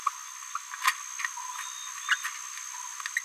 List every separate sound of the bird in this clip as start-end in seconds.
0.06-0.09, 0.82-0.91, 2.09-2.15, 2.25-2.27